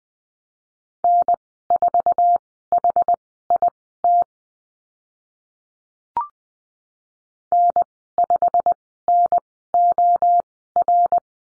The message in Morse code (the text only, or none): N4HIT N5NOR